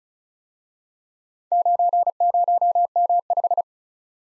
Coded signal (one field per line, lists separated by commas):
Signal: Morse code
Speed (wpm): 38 wpm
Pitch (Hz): 700 Hz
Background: none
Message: 90M5